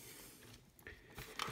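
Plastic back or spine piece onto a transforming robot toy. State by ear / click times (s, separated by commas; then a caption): seated / 1.4 s. A plastic back piece forming the spine of a Fans Hobby MB-03 Feilong transforming robot toy is folded down behind the head and tabbed on. Faint plastic ticks sound around 0.8 and 0.9 s, then a sharp click at 1.4 s as the piece locks into place, so the back piece is seated.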